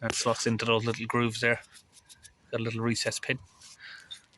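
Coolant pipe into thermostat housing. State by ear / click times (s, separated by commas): not seated / none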